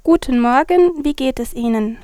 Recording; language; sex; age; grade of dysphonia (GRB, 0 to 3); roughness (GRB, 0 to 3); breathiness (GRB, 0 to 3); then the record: spoken sentence; German; female; 20 to 29 years; 0; 0; 0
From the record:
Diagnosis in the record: healthy voice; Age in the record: 22 years